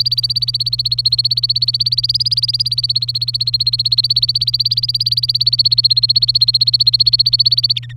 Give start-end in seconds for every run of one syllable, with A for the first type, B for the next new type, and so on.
0.00-7.79 A, 7.83-7.92 B